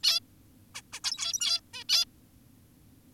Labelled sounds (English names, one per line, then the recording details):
Zebra Finch
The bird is an adult
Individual g17y2U